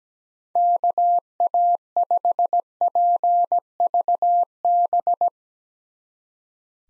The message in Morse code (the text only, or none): KA5PVB